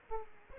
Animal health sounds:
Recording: mosquito wingbeat signal from an infrared sensor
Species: Aedes aegypti

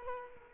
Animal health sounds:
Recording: mosquito wingbeat signal from an infrared sensor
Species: Culex quinquefasciatus

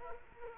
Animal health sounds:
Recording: mosquito wingbeat signal from an infrared sensor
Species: Culex quinquefasciatus

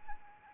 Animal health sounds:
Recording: mosquito wingbeat signal from an infrared sensor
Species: Anopheles arabiensis

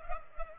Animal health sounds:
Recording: mosquito wingbeat signal from an infrared sensor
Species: Culex pipiens

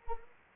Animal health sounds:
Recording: mosquito wingbeat signal from an infrared sensor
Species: Anopheles arabiensis

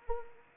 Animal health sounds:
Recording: mosquito wingbeat signal from an infrared sensor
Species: Anopheles arabiensis

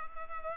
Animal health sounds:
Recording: mosquito wingbeat signal from an infrared sensor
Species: Culex pipiens

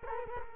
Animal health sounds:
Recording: mosquito wingbeat signal from an infrared sensor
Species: Culex quinquefasciatus

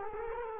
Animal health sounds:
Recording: mosquito wingbeat signal from an infrared sensor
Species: Culex quinquefasciatus

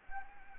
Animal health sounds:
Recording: mosquito wingbeat signal from an infrared sensor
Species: Anopheles arabiensis

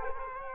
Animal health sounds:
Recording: mosquito wingbeat signal from an infrared sensor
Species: Culex quinquefasciatus

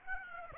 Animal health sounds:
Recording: mosquito wingbeat signal from an infrared sensor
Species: Aedes aegypti

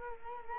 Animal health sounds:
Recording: mosquito wingbeat signal from an infrared sensor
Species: Culex quinquefasciatus

